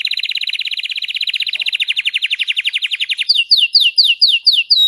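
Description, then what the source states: Canary singing a rapid trill that slows gradually over about three seconds, then switching to slower, repeated down-slurred whistled notes. Singing Belgian canary, red frosted colour variety.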